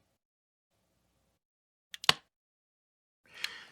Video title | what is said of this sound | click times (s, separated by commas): usb powered tent fan cieling fan | And they just snap right in. | 2.1 s